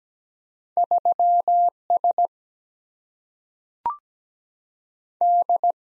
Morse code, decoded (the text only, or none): 3 S D